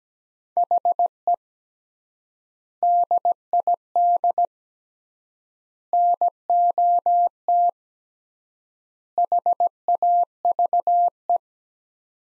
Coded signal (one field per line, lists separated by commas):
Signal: Morse code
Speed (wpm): 17 wpm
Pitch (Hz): 700 Hz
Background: none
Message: HE DID NOT HAVE